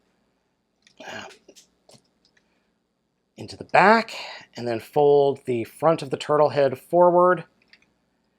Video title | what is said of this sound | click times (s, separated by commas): Godly Beast Combiner 2 | and it looks like it's supposed to snap into place but it doesn't | none